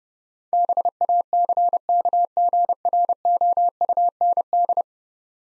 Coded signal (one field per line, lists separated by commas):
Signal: Morse code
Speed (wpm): 31 wpm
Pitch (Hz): 700 Hz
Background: none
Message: BACKGROUND